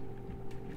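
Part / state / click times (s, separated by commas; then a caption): internal cable connector into motherboard header / not seated / none. An internal cable connector is handled against a motherboard header during a first PC build. A steady low hum and faint broadband noise run throughout, with a brief soft hiss near 0.5 seconds. Nothing has seated or clicked yet.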